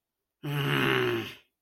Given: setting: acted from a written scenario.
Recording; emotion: vocal sound without words; disappointment